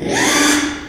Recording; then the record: squeal of a Yucatan mini pig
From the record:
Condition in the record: after surgery on the right vocal fold (resection and tissue-engineered implant); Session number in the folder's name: 3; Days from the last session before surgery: 33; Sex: male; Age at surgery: 12 weeks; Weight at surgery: 13 kg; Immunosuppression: cyclosporine, prednisolone